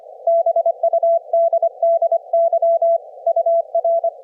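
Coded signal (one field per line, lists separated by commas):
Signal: Morse code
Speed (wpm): 25 wpm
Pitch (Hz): 660 Hz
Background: none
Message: BUDDY UR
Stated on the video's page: Amateur signal from a 40-meter horizontal full-wave loop antenna at an HOA home.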